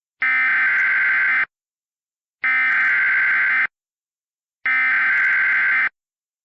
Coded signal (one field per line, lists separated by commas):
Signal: Emergency Alert System (SAME) tones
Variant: header bursts